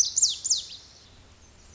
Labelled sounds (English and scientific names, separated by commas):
Lazuli Bunting (Passerina amoena)